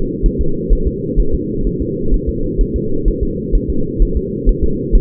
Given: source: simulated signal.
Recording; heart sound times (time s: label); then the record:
fetal heart sounds
0.26 s: S1
0.41 s: S2
0.73 s: S1
0.87 s: S2
1.20 s: S1
1.34 s: S2
1.67 s: S1
1.82 s: S2
2.14 s: S1
2.29 s: S2
2.61 s: S1
2.76 s: S2
3.08 s: S1
3.23 s: S2
3.55 s: S1
3.70 s: S2
4.02 s: S1
4.17 s: S2
4.49 s: S1
4.64 s: S2
4.95 s: S1
From the record:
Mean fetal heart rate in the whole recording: 130 bpm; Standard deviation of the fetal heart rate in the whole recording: 4 bpm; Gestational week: 38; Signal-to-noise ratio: -8.1 dB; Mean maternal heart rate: 72 bpm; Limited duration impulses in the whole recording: present